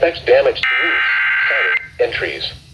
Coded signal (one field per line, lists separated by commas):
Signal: Emergency Alert System (SAME) tones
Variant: header bursts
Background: speech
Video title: Some EAS Alerts from 6/11/2026 (EAS #843-859)